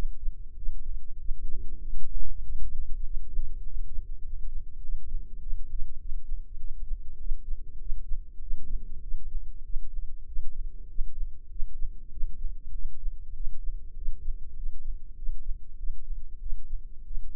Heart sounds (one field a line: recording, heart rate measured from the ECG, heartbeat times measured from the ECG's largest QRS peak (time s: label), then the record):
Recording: heart sounds by microphone in the right ear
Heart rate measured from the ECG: 98 bpm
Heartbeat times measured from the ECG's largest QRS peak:
0.54 s: heartbeat
1.17 s: heartbeat
1.79 s: heartbeat
2.41 s: heartbeat
3.02 s: heartbeat
3.62 s: heartbeat
4.21 s: heartbeat
4.80 s: heartbeat
5.38 s: heartbeat
5.97 s: heartbeat
6.57 s: heartbeat
7.17 s: heartbeat
7.77 s: heartbeat
8.39 s: heartbeat
9.00 s: heartbeat
9.62 s: heartbeat
10.24 s: heartbeat
10.86 s: heartbeat
11.48 s: heartbeat
12.09 s: heartbeat
12.71 s: heartbeat
13.32 s: heartbeat
13.94 s: heartbeat
14.54 s: heartbeat
15.14 s: heartbeat
15.75 s: heartbeat
16.38 s: heartbeat
17.03 s: heartbeat
From the record:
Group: healthy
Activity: rest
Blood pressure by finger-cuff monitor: 103/66 mmHg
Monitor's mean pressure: 77 mmHg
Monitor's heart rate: 97 bpm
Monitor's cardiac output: 8 L/min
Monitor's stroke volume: 83 mL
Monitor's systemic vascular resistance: 690 dyn s/cm5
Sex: male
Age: 19 years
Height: 178 cm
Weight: 83 kg